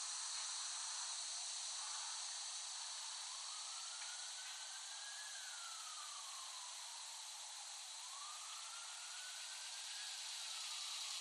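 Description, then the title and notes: Cicadas keep up a dense high drone while a lower wailing tone rises and falls twice in long, slow sweeps. Cicadas recorded in West Brighton, Staten Island, late summer 2008. "The Cicadas of Summer. Recording of cicadas made by Dan Bodah in West Brighton, Staten Island, late summer 2008"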